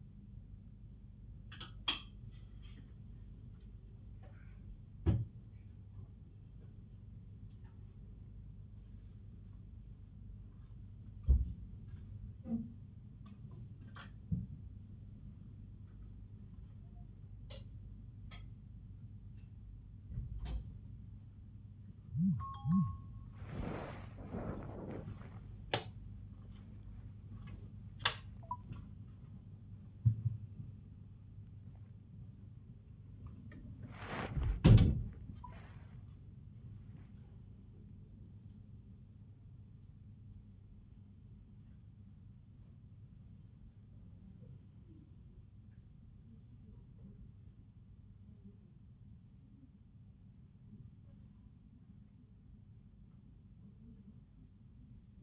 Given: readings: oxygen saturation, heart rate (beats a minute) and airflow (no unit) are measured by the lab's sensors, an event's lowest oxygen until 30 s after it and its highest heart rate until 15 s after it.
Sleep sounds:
a person awake in a sleep study, by a smartphone at the bedside; none
0.00-55.23 s: awake
From the record:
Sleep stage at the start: awake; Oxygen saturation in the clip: 94 to 96%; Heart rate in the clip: 86 to 107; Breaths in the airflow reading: 13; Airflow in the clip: -14.3 to 12.5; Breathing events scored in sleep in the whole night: 400 in 8.7 hours asleep

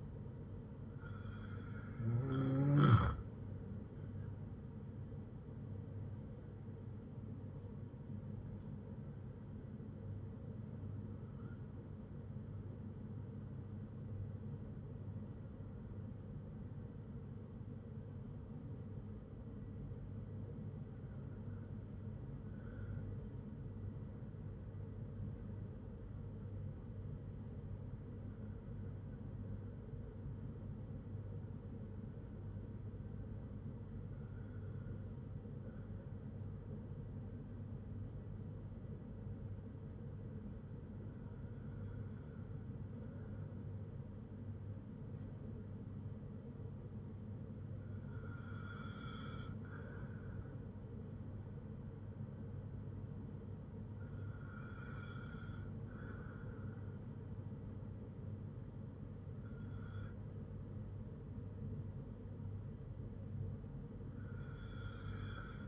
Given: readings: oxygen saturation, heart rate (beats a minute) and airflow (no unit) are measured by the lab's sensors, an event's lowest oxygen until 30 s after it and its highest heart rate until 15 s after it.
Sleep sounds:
breathing in sleep by a smartphone at the bedside; none
none scored
From the record:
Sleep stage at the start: N2 (light sleep); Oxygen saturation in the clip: 94 to 96%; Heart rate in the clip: 55 to 80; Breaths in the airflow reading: 12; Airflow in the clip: -4.7 to 5.0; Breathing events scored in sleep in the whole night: 182 in 7.4 hours asleep

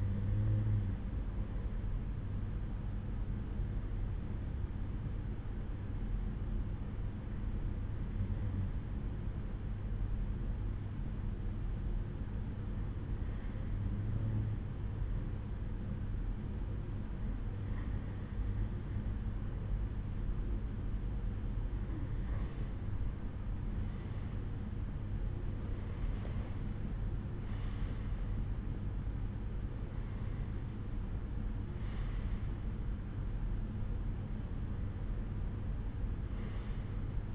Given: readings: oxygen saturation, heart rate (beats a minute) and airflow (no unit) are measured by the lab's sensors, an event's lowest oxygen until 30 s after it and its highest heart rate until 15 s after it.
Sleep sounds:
breathing in sleep by a smartphone at the bedside; 1
5.00-23.20 s: hypopnea (REM, oxygen 92% highest, then 91% lowest, heart rate 67 at the start, 75 highest)
From the record:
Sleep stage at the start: REM sleep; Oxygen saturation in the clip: 91 to 92%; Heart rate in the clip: 67 to 75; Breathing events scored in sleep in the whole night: 187 in 7.2 hours asleep

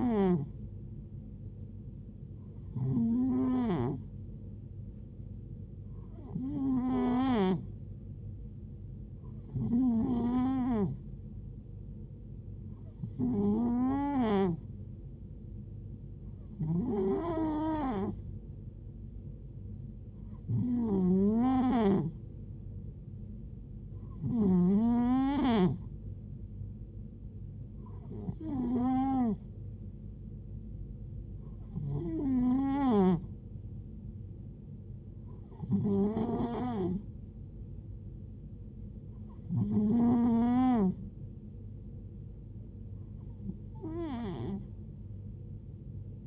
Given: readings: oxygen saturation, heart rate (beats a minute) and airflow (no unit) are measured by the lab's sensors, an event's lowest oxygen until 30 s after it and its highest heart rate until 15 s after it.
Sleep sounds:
breathing in sleep by a smartphone at the bedside; none
none scored
From the record:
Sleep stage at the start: N2 (light sleep); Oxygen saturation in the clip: 91 to 92%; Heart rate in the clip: 67 to 71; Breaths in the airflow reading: 13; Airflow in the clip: -5.0 to 4.7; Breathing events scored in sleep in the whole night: 389 in 6.3 hours asleep

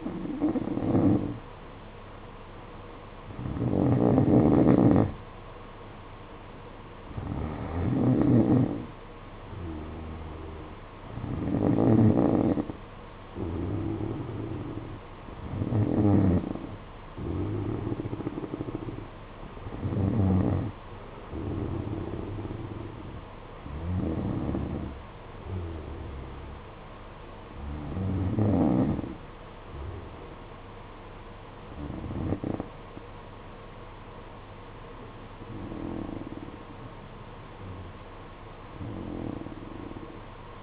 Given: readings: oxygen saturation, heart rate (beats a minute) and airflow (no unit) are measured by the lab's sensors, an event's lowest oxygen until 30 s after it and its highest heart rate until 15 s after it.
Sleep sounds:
breathing in sleep by a voice recorder at the bedside; none
none scored
From the record:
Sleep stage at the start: N2 (light sleep); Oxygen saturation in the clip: 92 to 93%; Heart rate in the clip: 49 to 55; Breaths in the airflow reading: 10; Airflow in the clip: -7.8 to 7.4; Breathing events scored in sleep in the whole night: 476 in 9.7 hours asleep

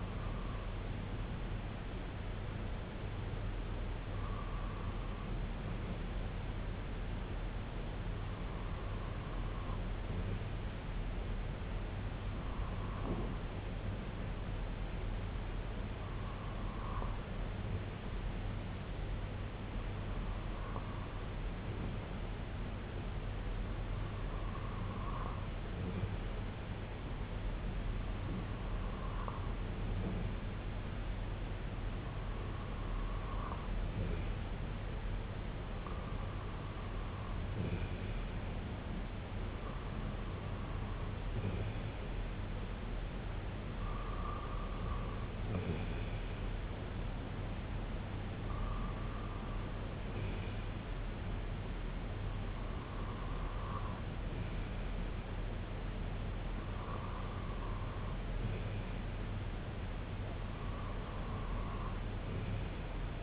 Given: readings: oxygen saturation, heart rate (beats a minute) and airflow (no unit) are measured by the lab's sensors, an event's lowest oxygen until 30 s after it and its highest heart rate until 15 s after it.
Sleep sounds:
breathing in sleep by a voice recorder at the bedside; 1
6.00-37.30 s: hypopnea (REM, oxygen 98% highest, then 95% lowest, heart rate 67 at the start, 70 highest)
From the record:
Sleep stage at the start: REM sleep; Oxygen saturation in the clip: 95 to 98%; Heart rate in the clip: 62 to 70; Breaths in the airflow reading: 16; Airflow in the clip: -6.2 to 3.7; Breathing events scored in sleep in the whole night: 258 in 7.4 hours asleep

